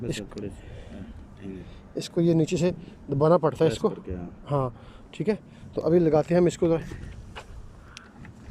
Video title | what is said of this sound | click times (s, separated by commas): Leica GPS_GS14_Set Base in Field Part-15 | ये देखिए आप, ये लगा रहे हैं, ये टक की आवाज़ आई है, ये यहाँ से लग चुका है। | 8.0 s